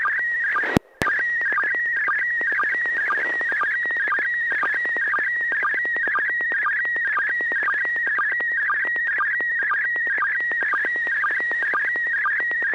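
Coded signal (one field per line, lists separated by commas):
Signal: SSTV (slow-scan television)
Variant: PD 120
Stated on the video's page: SSTV net held weekly on an FM repeater on 441.300 MHz, sent with MMSSTV software.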